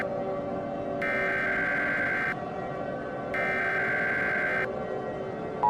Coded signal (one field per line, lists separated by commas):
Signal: Emergency Alert System (SAME) tones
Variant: header bursts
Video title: EAS Short Scenario 62 : Beyond Disaster